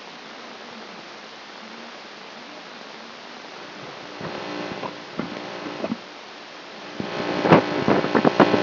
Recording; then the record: brain microelectrode recording played as sound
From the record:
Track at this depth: outside the subthalamic nucleus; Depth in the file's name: 0.048 mm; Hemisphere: left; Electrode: 2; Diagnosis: Parkinson's disease